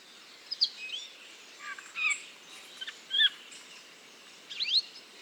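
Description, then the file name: Redwing subsong, short squeaky whistles and scratchy chirps in scattered bursts, some notes sliding up or down, with quiet hiss between them. Solitary bird giving subsong (babil) in Bois du Puech, recorded with Telinga. "grive-mauvis-babil-solitaire-version-1-extrait-bois-du-puech-F 4 telinga"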